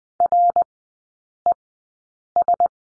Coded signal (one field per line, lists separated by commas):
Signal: Morse code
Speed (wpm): 20 wpm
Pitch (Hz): 700 Hz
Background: none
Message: RES